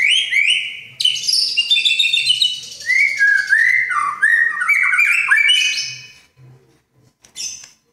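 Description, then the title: Oriental magpie-robin song: rich, varied whistled phrases, some rising and sliding, others buzzy and rapid, running continuously before trailing into short scattered notes near the end. "Kicau Kacer"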